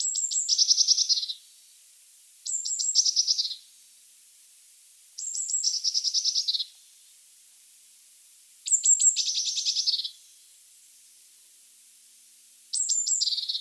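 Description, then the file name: Eurasian blue tit scolding calls: high clipped notes leading into a churring, buzzy rattle, repeated in five bouts. "Cyanistes caeruleus"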